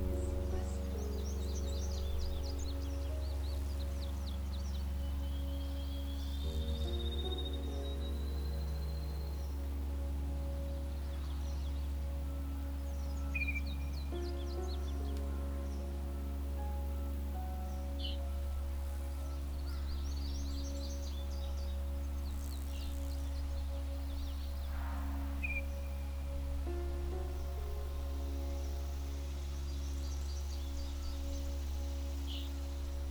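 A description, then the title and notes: Birds chirp and whistle over a slow, sustained piano melody, their short calls scattered through the clip with a rising whistle near seven seconds and bright chirps around fourteen and twenty-five seconds. A deep, steady hum sits underneath, and the loudness stays even throughout. Relaxing Music with Bird Sounds. The birds sing to each other while a piano melody.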